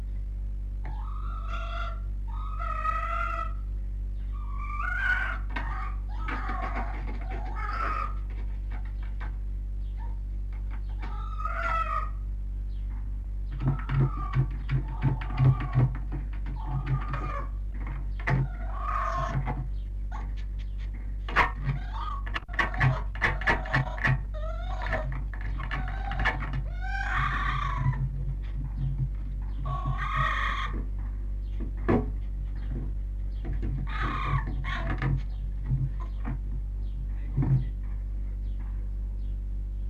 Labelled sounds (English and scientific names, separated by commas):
Red Fox (Vulpes vulpes)